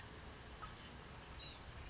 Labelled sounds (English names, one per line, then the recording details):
Oak Titmouse
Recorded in Sonoma County, California